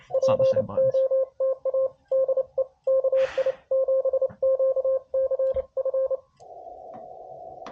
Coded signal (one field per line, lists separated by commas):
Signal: Morse code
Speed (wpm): 28 wpm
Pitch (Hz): 530 Hz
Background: speech, radio noise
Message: POTA DE KI7QCF